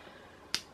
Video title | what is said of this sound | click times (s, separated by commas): Haul Nocibé, MAC, etc | comment dire le le capot on va dire entre guillemets parce que c'est pas magnétique donc il faut bien entendre le clac | 0.5 s